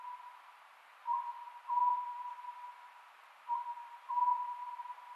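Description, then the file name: Oriental scops owl giving two short hooting phrases over steady background noise. Recorded 27 May 2010 at 22:21. "konohazuku 20100527-2221"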